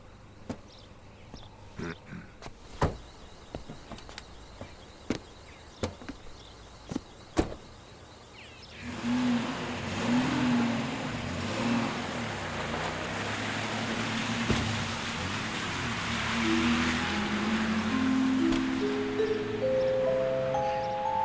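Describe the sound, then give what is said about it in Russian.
A series of sharp clicks and thuds, then the engine of a car parked beside a house starts up and rumbles steadily before revving, its whine climbing in pitch as the car pulls away. “Маша в окно видит, как отъезжает машина.”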